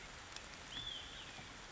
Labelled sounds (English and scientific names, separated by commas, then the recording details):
Olive-sided Flycatcher (Contopus cooperi)
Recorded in Sonoma County, California